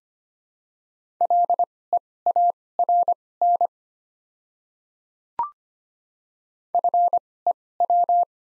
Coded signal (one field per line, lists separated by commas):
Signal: Morse code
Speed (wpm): 25 wpm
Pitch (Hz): 700 Hz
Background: none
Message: LEARN FEW